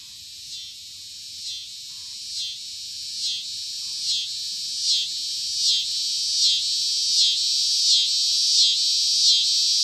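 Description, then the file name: Scissor-grinder cicada song, a dense high buzzing trill with regular rhythmic pulses a little under a second apart, steadily growing louder. "Scissor-grinder Cicada (Wild America)"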